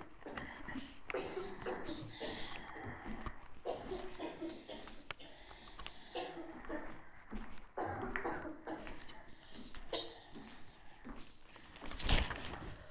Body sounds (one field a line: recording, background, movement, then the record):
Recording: deep breathing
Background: a bystander coughing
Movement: walking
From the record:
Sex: female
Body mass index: 25.5 kg/m2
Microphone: on the chest, facing the body